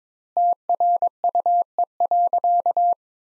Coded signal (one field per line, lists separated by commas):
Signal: Morse code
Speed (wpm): 22 wpm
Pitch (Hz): 700 Hz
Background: none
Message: TRUE.